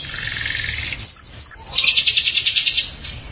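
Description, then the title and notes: Canary song: a buzzy low trill, a pure steady whistle, then a bright rapid trill of repeated notes. "BM Suara Kenari. BM Suara Burung Kenari"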